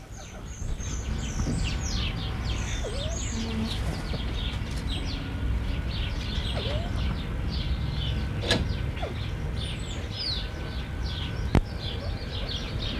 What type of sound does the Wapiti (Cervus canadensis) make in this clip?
call